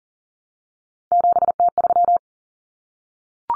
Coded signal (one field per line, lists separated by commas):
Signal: Morse code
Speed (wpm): 40 wpm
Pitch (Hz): 700 Hz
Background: none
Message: 7T3